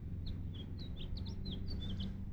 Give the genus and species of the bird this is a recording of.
Haemorhous mexicanus